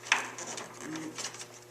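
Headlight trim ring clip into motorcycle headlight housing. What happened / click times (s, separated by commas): The trim clip snapped into place / 0.1 s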